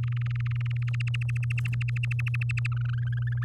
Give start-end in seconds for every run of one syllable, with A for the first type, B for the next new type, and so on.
0.03-0.89 A, 0.94-2.67 B, 2.72-3.44 C